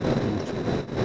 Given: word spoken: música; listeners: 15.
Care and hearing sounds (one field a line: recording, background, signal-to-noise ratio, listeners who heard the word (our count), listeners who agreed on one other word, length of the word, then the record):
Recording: one Spanish word in noise, from a listening test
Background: noise modulated by three-talker babble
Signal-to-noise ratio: -6.2 dB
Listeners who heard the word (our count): 1 of 15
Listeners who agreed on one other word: 6 of 15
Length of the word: 0.65 s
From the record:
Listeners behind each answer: 6, 2, 1, 1, 1, 1, 1, 1, 1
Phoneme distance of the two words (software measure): 34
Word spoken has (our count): 3 syllables, 6 phonemes, stress on syllable 1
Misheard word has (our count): 2 syllables, 4 phonemes, stress on syllable 1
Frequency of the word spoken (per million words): 202.99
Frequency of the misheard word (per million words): 545.62